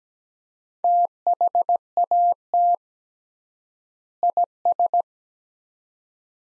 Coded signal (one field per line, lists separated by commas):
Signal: Morse code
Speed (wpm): 17 wpm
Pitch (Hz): 700 Hz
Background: none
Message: THAT IS